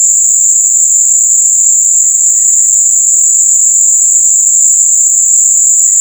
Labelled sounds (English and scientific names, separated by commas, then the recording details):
none
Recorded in dense forest near Puerto Asís, Putumayo, Colombia, on 18 December 2024 at 17:30
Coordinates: 0.481, -76.323
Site G100